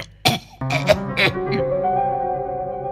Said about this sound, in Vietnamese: Đoạn lão ho sủ sụ: Không khéo đến phải cái thuốc thôi, ho quá, hút nhiều thế này khéo ung thư phổi rồi chết à.